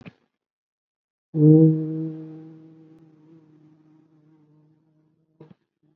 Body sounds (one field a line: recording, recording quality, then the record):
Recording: sustained vowel as in boot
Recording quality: excellent, no background noise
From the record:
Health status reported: COVID-19 positive, mild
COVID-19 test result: positive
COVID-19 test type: RT-PCR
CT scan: not taken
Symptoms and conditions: cough, fever, fatigue, hypertension, diabetes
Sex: male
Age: 67 years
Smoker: yes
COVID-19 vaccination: one dose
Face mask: not worn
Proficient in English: no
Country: India